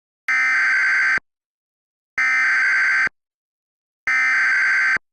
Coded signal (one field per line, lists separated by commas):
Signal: Emergency Alert System (SAME) tones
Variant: header bursts